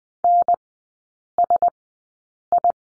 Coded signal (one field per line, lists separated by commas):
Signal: Morse code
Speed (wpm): 20 wpm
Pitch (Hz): 700 Hz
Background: none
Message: NSI